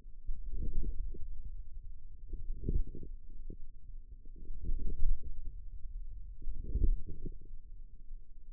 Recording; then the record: forearm muscle sounds (acoustic myography)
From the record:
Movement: hand closing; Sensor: system 2, bracelet of six BSWA MPA416 microphones around the upper forearm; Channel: 3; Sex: female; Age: 22 years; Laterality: right